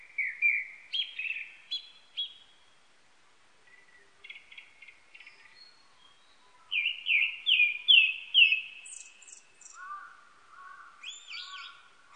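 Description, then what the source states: Japanese thrush song: repeated slurred whistles, soft chattering notes, a loud series of descending whistles, high squeaky twitters, then lower mellow fluting notes. Recorded 19 April 1998.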